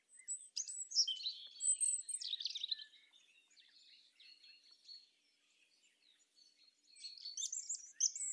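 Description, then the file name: European robin song: a tumbling phrase of high, sweet, varied notes, a quieter stretch of thin whistles, then a fresh sparkling phrase begins. "Erithacus rubecula"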